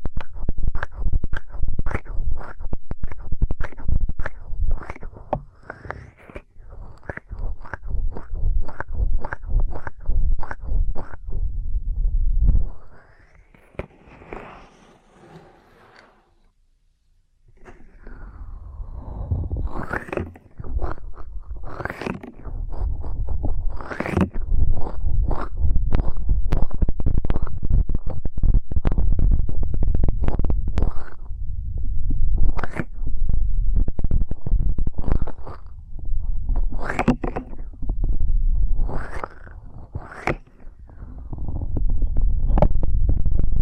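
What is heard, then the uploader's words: Intense ear cleaning with a dense run of sharp crackling, scraping clicks and rubbing strokes, coming in quick bursts with strong low thumps. Around 13 to 17 seconds the sound drops to a faint hiss with soft squeaks, then the rapid crackling returns, louder and steadier. ASMR Intense Electrifying Ear Cleaning.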